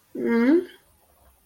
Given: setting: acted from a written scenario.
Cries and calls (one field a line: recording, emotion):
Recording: vocal sound without words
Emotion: neutral